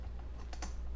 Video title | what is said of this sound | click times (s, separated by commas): Stihl FS 40C Trimmer Tune up and How to Start | you could kind of hear it snap down into place. | 0.5 s, 0.6 s